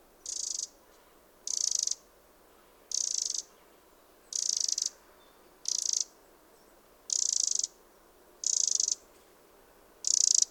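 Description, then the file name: Eurasian wren giving harsh, buzzy rattling bursts, each about half a second long, repeated roughly every one and a half seconds, eight bursts over a quiet background. "Troglodytes troglodytes"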